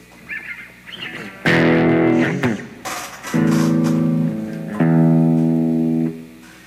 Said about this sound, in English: Wait, I hear an echo.